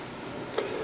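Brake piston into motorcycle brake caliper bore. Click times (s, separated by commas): 0.3 s, 0.6 s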